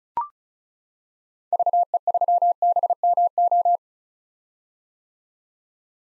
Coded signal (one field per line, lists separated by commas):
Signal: Morse code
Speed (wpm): 36 wpm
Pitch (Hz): 700 Hz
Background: none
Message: VE3BMO